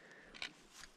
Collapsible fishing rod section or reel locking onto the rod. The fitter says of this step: I've never used this one before, but it should just lock into place.